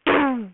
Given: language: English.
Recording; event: throat vibration sensor signal played as sound; throat clearing